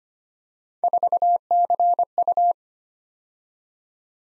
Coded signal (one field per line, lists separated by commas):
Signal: Morse code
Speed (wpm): 25 wpm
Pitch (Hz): 700 Hz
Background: none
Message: 4CU